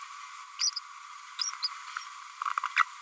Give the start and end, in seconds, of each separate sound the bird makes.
1.62-1.69, 2.77-2.85